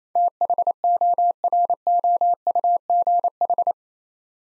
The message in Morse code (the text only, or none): THOROUGH